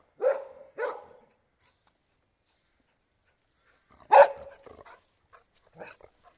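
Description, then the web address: Collie barking: two sharp barks close together, a pause of nearly three seconds, then a loud bark followed by several softer short sounds. Collie dog barking outdoors. "Sound Effects-BBC. collie dog barking exterior"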